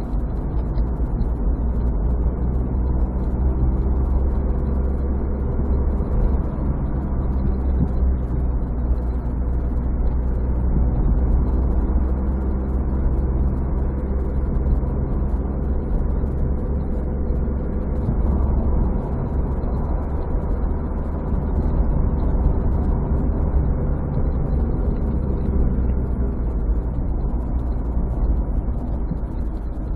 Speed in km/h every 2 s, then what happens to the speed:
41, 47, 49, 49, 44, 47, 48, 48, 49, 49, 49, 52, 51, 42, 40.
0-4 speeds up to 49. 4-23 steady at about 49. 23-30 slows to 40.